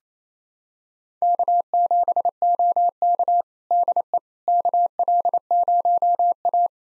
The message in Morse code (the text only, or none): K7OK DE KL0A